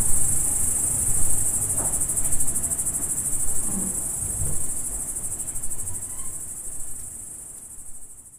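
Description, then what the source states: Crickets in a dense high chorus, a steady pulsing shimmer that fades away over the last seconds, over low rumbling farm background and a few soft knocks. Crickets at dusk, farm ambience in the Emmental.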